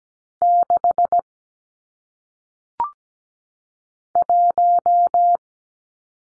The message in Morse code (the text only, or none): 6 1